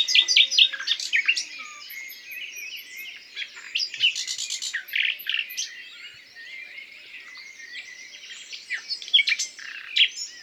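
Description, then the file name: Common nightingale song with quick repeated notes, chirps and thin high notes. "Luscinia megarhynchos"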